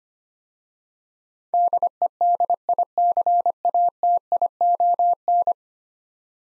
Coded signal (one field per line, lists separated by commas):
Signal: Morse code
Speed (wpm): 25 wpm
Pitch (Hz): 700 Hz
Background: none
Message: DEDICATION